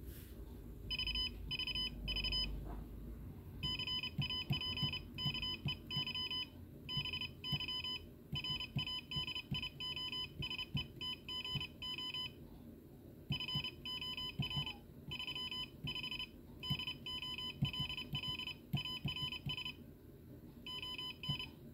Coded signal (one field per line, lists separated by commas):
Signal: Morse code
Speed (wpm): 30 wpm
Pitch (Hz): 3000 Hz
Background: none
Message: VVV CAPKEY BY RADIOSETGO FOR 35 DOLLARS ON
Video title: CapKey touch keying (Morse) by RadioSet-GO